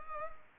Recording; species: mosquito wingbeat signal from an infrared sensor; Culex pipiens